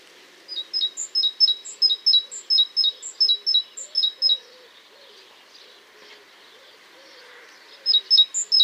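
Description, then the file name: Great tit giving a quick series of bright two-note phrases with thin high notes above, a pause, then the phrases resume. "Parus major"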